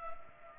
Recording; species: mosquito wingbeat signal from an infrared sensor; Culex pipiens